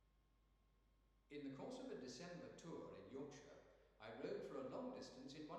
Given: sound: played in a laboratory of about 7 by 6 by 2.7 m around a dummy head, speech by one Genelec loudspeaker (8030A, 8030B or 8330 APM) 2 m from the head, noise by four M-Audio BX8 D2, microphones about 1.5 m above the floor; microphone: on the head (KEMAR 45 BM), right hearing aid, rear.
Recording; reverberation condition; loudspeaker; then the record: male speech in English; high; 150 degrees to the right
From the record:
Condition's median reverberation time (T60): about 1300 ms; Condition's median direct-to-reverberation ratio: about -4.0 dB